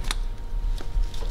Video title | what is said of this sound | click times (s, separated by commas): How to Change Rear Brake Discs (Rotors) & Pads - Audi Q7 (also Touareg & Cayenne) | yeah little click there | 0.1 s